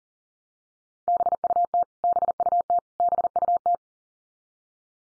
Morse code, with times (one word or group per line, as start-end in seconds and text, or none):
1.1-1.8 BUT
2.0-2.8 BUT
3.0-3.8 BUT